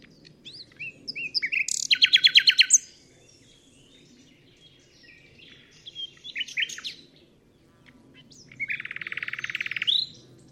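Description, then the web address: Common nightingale singing: short varied notes, then a loud rapid rattling trill, a pause, scratchy phrases, and a final fast buzzy trill held for over a second. "chant didier collin rossignol philomele"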